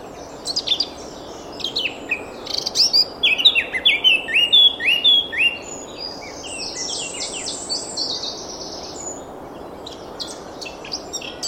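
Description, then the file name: Eurasian blackcap song: a rapid run of varied chattering notes that becomes clearer, with fluting whistled phrases in the middle, then softer twittering toward the end. "Sylvia atricapilla"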